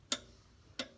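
A torque wrench set to 18 ft-lb tightens the cartridge oil filter housing cap on a Lexus IS F. Two sharp, bright clicks sound at 0.1 s and 0.8 s, with quiet between them. The wrench clicks at its setting, and the cap is torqued to spec.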